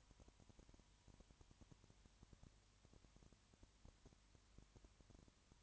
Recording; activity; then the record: daily activity, microphone in the room; no activity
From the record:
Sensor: 3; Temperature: 20.5 degrees Celsius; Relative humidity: 34.6%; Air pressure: 1001.1 hPa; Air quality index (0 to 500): 195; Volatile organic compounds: 6 ppm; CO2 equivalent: 1853 ppm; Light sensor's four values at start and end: 2/3/2/2 and 2/3/2/2